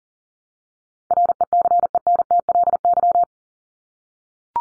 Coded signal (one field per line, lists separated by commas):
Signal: Morse code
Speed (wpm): 40 wpm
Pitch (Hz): 700 Hz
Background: none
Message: RECENTLY